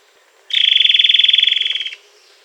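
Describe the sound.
Bird uttering a single level, buzzing pulsed trill, rapid even beats at high pitch for about a second and a half, then silence.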